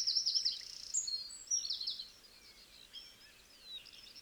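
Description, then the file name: Eurasian wren song starting with a fast high trill, then scattered bright notes and whistles that grow fainter toward the end. "Troglodytes troglodytes"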